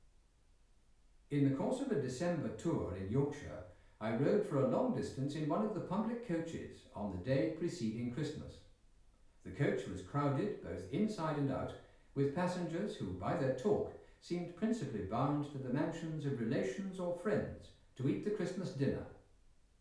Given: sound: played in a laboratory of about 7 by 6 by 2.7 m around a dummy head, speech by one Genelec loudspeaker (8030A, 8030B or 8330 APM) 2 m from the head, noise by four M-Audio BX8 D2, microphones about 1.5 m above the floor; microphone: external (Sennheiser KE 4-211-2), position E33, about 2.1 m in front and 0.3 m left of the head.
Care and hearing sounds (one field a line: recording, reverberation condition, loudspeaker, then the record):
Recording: male speech in English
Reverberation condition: medium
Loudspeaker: 120 degrees to the right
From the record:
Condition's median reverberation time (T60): about 510 ms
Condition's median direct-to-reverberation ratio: about -0.5 dB